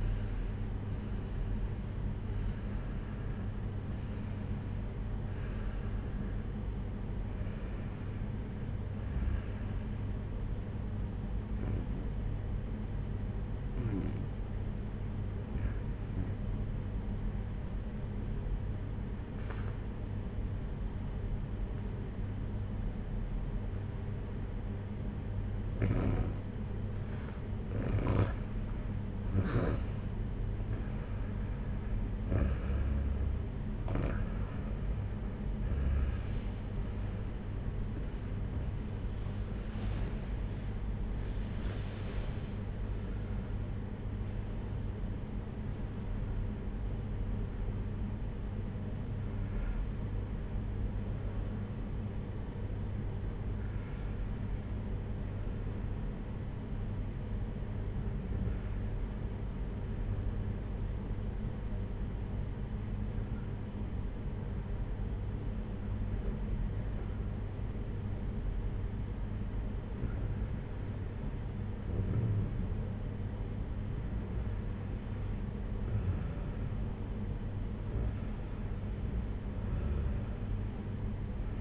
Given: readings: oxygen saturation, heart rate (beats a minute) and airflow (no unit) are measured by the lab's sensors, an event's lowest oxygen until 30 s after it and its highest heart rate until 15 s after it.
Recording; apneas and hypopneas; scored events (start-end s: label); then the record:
breathing in sleep by a smartphone at the bedside; 2
14.00-30.20 s: obstructive apnea (REM, oxygen 96% highest, then 93% lowest, heart rate 54 at the start, 79 highest)
57.00-73.30 s: hypopnea (REM, oxygen 96% highest, then 92% lowest, heart rate 59 at the start, 62 highest)
From the record:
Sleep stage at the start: REM sleep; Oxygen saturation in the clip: 87 to 96%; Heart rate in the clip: 54 to 79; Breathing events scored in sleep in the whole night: 226 in 8.8 hours asleep